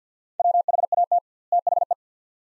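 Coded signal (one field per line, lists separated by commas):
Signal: Morse code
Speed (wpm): 50 wpm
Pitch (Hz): 700 Hz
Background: none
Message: WHAT THE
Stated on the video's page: Two-word Morse phrases at 50wpm with 2x word spacing, a Farnsworth-like practice drill for head-copy; each set is sent, then spoken.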